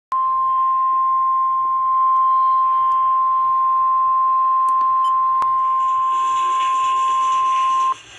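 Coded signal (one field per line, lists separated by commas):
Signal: Emergency Alert System (SAME) tones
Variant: 1050 Hz attention tone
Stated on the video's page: Severe Thunderstorm Warning EAS alert on a NOAA Weather Radio station and an FM radio station.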